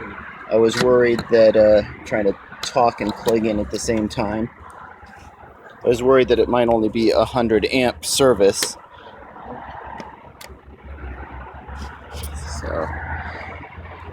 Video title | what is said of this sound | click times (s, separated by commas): Chevy Bolt EV 500 Miles North Highway 99 Part 1 | I didn't hear a click that worries me sometimes I've had a a station reject me because | none